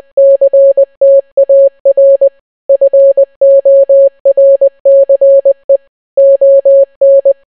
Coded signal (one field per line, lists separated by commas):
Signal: Morse code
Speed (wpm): 20 wpm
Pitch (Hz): 550 Hz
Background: none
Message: CTAR FORCE ON